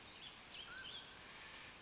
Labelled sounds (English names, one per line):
Mountain Quail